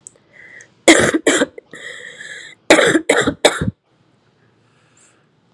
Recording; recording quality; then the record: heavy voluntary cough; excellent, no background noise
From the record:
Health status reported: COVID-19 positive, mild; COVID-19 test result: positive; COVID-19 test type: RT-PCR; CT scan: not taken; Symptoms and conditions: cough, cold, sore throat, fever, fatigue, muscle pain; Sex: female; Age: 29 years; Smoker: no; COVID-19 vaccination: both doses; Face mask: not worn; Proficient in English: yes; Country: India